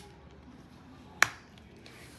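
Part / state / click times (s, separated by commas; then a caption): snap fastener on a crochet bag strap end / seated / 1.2 s. A metal snap fastener on the second end of a crochet bag strap, the side fixed to the bag, is pressed closed. It shuts with one loud, sharp snap at 1.2 s over quiet background. Two faint, small sounds follow, and the strap end is fastened and finished.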